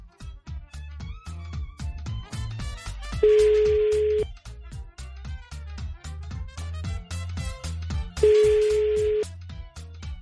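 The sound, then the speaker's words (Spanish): A telephone rings twice down the line as a number is dialed for a prank call on the Panda Show radio program; each steady tone lasts about a second and is spaced several seconds apart, over a steady backing of rhythmic music. “Vamos a marcar, ¿estamos?”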